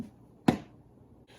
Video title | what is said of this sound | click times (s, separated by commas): Starting Over With Only 5 Designer Handbags - Dolce’s Closet - My Top Five Fab Bags In My Collection | You just close it up. You hear the little snap. | 0.5 s